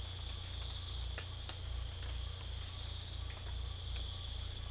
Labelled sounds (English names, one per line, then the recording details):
none
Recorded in secondary vegetation near Puerto Asís, Putumayo, Colombia, on 18 December 2024 at 04:30
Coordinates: 0.488, -76.319
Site GP04